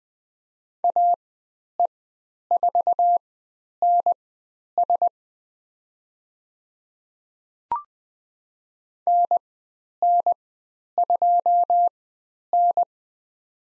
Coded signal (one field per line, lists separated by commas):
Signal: Morse code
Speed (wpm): 20 wpm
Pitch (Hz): 700 Hz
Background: none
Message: AE4NS NN2N